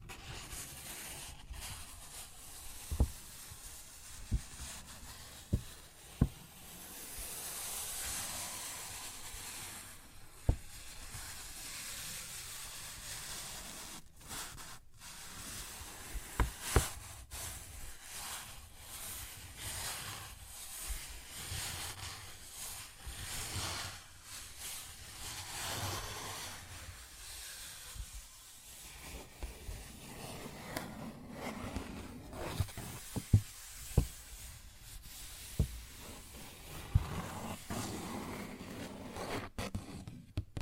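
Paper bag being scratched and tapped, with a continuous dry rustling hiss running throughout. Sharp, isolated taps break through every few seconds, clustering more densely after the thirty-second mark, while the scratching swells and fades without a steady rhythm.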